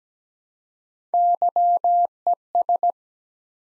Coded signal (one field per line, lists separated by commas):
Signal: Morse code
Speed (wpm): 17 wpm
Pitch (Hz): 700 Hz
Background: none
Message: YES